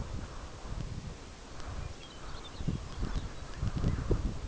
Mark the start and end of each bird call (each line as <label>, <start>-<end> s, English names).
Lapland Longspur, 1.62-3.59 s